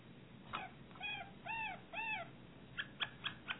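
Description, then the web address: Harz Roller canary song with a few arched notes followed by four brief sharp clicks, over a steady low hiss. "~joaopt canarios racas canto harzers"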